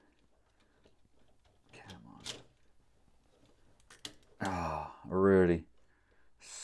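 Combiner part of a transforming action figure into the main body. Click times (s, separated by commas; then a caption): 4.0 s. A plastic combiner part of a Fans Hobby MB-18 Energy Commander (Transformers Masterpiece Energon Optimus Prime) transforming action figure is pushed into the main body during combination. It snaps home with a sharp click at 4.1 s, and the part is seated. Someone talks before and after the click.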